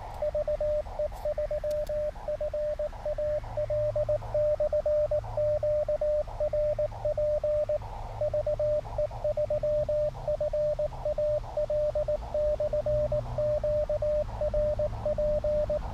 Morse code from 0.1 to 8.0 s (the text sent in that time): VE3FAL/QRP